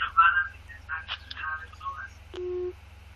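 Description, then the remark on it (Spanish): Muffled voices on a WhatsApp call give way to a sharp click, followed by a single short, steady mid-pitched beep as the caller hangs up and the call disconnects. “Ok, me colgó, tranquila, ahí está, esta es otra llamada.”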